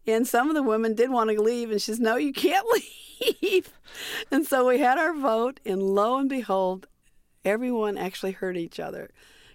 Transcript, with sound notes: And some of the women did want to leave. And she said, no, you can't leave (laughter). And so we had our vote. And lo and behold, everyone actually heard each other